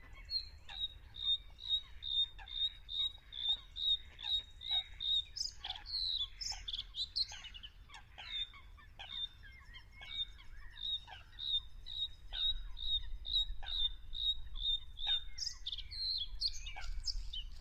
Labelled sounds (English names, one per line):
Bluethroat song